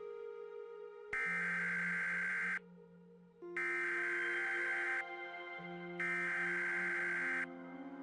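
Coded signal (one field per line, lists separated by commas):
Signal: Emergency Alert System (SAME) tones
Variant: header bursts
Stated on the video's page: Emergency broadcast within a fictional audio drama about a demonic outbreak.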